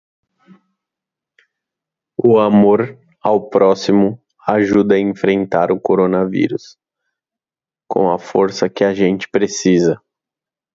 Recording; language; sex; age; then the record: spoken sentence; Brazilian Portuguese; male; 30 to 39 years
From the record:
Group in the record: control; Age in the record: 35 years